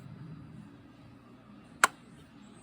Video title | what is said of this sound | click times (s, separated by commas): Lets Take Apart A mini Zoltar | So you hear a click, and then that's good. | 1.8 s